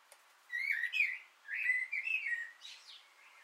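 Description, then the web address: Common blackbird singing a relaxed, mellow warble of fluty notes ending in a softer, higher twittering flourish. On an antenna, 6 June 2025. "Naturinspelningar Koltrast på antennen 2025 06 06"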